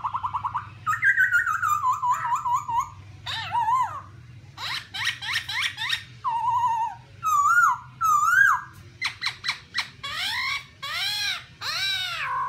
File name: tieng khuou bac ma hot